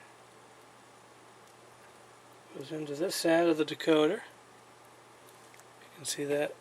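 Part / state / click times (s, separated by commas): small wiring plug into a model train sound decoder / not seated / none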